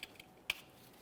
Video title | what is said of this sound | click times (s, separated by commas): How to Replace Transfer Case Shift Motor 2011-2021 Jeep Grand Cherokee 3.6L V6 | Press it in, listen for a click, give it a quick tug, make sure it's completely secured. | 0.5 s